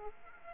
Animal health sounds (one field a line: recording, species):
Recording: mosquito wingbeat signal from an infrared sensor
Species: Aedes aegypti